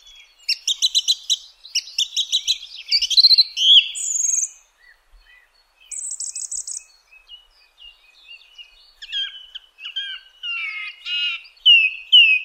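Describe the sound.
Song thrush song with phrases repeated in quick sets, a high buzzy trill near the middle, then varied whistled notes and chirps.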